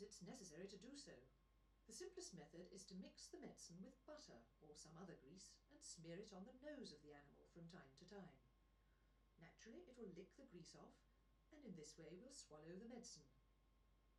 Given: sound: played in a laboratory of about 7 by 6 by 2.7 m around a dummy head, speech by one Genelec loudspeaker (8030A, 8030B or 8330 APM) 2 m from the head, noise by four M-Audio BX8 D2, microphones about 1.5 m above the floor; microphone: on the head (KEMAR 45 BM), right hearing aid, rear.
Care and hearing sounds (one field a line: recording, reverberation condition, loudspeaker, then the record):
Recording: female speech in English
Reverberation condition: low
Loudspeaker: 120 degrees to the left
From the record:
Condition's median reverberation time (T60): about 310 ms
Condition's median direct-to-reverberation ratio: about 3.5 dB